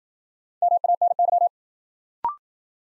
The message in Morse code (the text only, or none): MANY